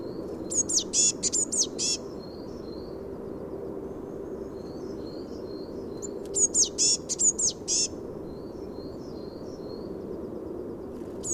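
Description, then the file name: Eurasian blue tit calls in repeated bursts of high, fast chirps and scolding notes, with quieter high notes between and a steady low background hum. "Cyanistes caeruleus"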